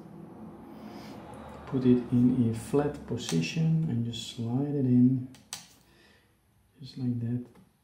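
An M.2 NVMe SSD is held flat and slid into the M.2 slot of a Xiaomi Notebook Pro laptop while someone talks. Nothing has seated or clicked yet; the clip ends just before the drive goes home.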